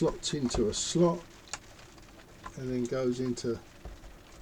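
A Compaq F700 laptop screen cable connector is handled at its socket on the motherboard while someone talks, with a brief sharp tap around 1.5 s. The connector has not seated or clicked in yet.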